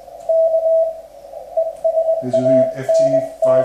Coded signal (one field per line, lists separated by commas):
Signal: Morse code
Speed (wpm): 20 wpm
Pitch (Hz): 650 Hz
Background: speech, radio noise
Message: K ESANT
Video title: CW (Morse code) contact on 40m band with PS213 key by G0NVT